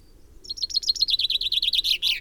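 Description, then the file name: Common chaffinch song: after a short pause, a fast run of repeated notes gradually dropping in pitch, then a louder closing phrase. "Fringilla coelebs"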